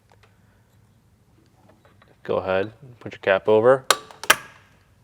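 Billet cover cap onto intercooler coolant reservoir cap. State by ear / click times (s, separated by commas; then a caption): seated / 4.3 s. An aluminum Fathouse Performance billet cover cap is placed over and pushed onto the intercooler coolant reservoir cap in a Mustang GT500 engine bay while someone talks. Its clip clicks sharply at 4.3 s, seating the cover on the reservoir cap.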